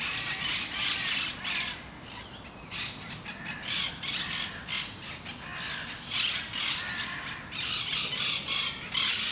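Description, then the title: Parakeets screech loudly and almost continuously, many rapid harsh calls overlapping from a busy flock, with a brief lull around the second second. Parakeets in Parc de Forest, Saint-Gilles, Belgium; Sony PCM-D100, internal microphones in wide position. "Parc de Forest, 1060 Saint-Gilles, Belgique - Parakeets - Perruches"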